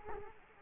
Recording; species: mosquito wingbeat signal from an infrared sensor; Culex quinquefasciatus